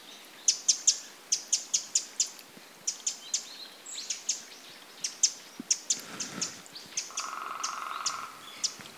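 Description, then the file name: Eurasian wren calling with a rapid run of dry ticks that slows into scattered clicks, later joined by a steady humming tone. "Troglodytes troglodytes"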